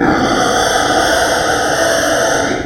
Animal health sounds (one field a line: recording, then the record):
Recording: squeal of a Yucatan mini pig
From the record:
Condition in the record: before surgery on the right vocal fold (resection and tissue-engineered implant)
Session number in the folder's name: 3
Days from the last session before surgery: 0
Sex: female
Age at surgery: 19 weeks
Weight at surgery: 25 kg